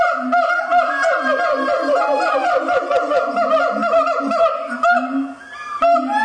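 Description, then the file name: Siamang calling: a dense, continuous stream of loud, ringing barks and shrieks layered over steady low booming. "siamang vocalizations"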